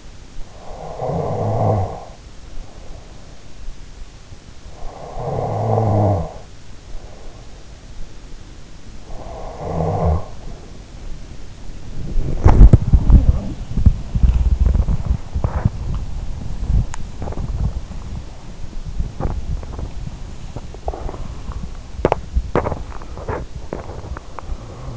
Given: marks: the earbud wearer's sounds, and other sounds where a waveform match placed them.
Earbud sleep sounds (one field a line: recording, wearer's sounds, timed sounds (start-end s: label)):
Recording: sounds in sleep by an in-ear microphone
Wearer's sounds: snoring breath, body movement, talking in sleep, breath, swallowing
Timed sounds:
0.00-2.91 s: snoring breath
1.93-3.15 s: sound from someone else or the room
4.10-6.52 s: snoring breath
4.19-24.25 s: body movement
9.56-10.53 s: talking in sleep
19.85-21.63 s: snoring breath
21.12-24.97 s: breath
22.86-24.25 s: swallowing